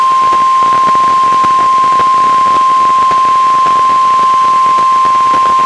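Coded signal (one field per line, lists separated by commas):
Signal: Emergency Alert System (SAME) tones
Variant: 1050 Hz attention tone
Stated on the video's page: NOAA Weather Radio Required Weekly Test relayed by a weather radio station, recorded from a Reecom R-1630 weather radio onto a Zoom H1 recorder.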